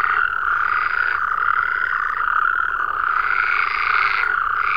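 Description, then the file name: Frogs croaking in a crowded chorus, a flat continuous rattle with a short quieter moment near the start. "Digiffects Sound Effects Library - Frogs"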